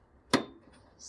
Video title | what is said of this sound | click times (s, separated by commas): How To Change/Replace A Fuel Filter On A 2008 & 2009 Ford Focus | there you go get a nice click | 0.3 s